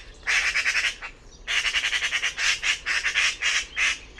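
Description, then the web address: Bird rattling out rapid scratchy pulses in an opening burst, then a longer chattering series after a short pause. "cianscape birddata Deverinetal"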